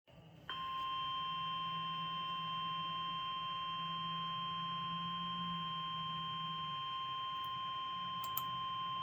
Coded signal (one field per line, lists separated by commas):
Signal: Emergency Alert System (SAME) tones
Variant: 1050 Hz attention tone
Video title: SWIM WITH DAUPHINS (L.S. EAS #173) Severe Thunderstorm Warning